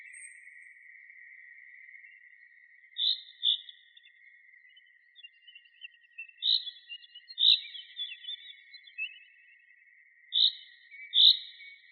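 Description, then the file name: Common chaffinch calls: scattered short, bright notes, often paired, spaced several seconds apart over a quiet background. "Fringilla coelebs"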